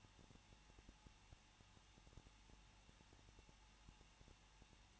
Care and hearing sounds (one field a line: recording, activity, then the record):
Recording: daily activity, microphone in the room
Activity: no activity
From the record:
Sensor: 1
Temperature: 20.1 degrees Celsius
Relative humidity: 39.2%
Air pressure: 1006.3 hPa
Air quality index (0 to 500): 218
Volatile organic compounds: 77 ppm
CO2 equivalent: 3583 ppm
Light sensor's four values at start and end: 1/2/1/1 and 1/2/1/1